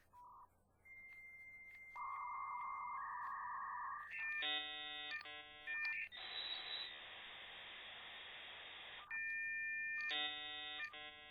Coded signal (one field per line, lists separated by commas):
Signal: dial-up modem handshake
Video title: Dial-up internet connection - Sound effects